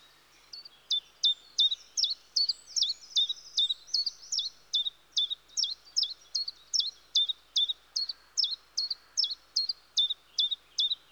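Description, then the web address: Common chiffchaff delivering a long run of high, sharply dropping notes in an even, tireless rhythm, over twenty in a row. "BBC Sound Effects Library. Chiffchaff"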